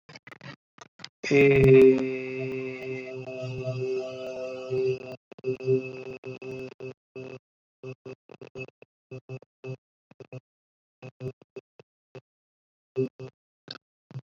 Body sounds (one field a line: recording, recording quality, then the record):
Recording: sustained vowel as in made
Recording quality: moderate, slight background noise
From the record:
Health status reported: COVID-19 positive, mild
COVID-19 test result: positive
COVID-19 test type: RT-PCR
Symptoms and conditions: cold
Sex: male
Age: 27 years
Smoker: no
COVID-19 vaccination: both doses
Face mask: not worn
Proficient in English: yes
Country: India